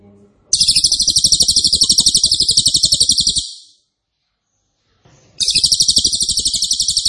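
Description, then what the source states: Cililin singing loud, rapid, tightly packed high trills, pulsing steadily, one burst of about three seconds, then silence before the trill starts again. Loud, dense, rapid-fire song ('nembak keras dan rapat') used as a favourite training recording (masteran) for oriental magpie-robin, leafbird and white-rumped shama.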